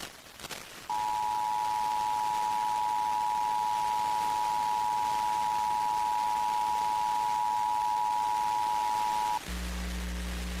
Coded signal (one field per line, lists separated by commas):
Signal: Emergency Alert System (SAME) tones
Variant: 853 and 960 Hz attention tone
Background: music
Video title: Pennsylvania Required Monthly Tests [plus a TV fail] (6/16/22)(EAS 1188-1189)